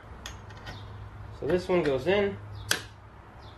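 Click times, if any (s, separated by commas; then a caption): 2.7 s. A billet aluminum 6.2 emblem/cover dress-up piece is pressed into its mount on a Charger Hellcat engine while someone talks. A small, sharp click is heard at 2.7 s as the piece seats in place.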